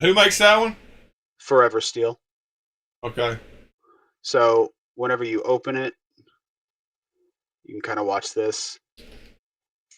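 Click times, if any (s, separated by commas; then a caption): none. A folding knife made by Forever Steel, with its blade in an exposed back-lock handle, is being handled and swung open while people talk. The back lock has not snapped into place, and nothing has seated or clicked yet.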